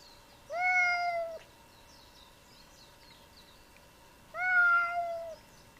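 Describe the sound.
Cat meowing: two drawn-out, slightly falling meows about four seconds apart, each lasting nearly a second, with quiet background between.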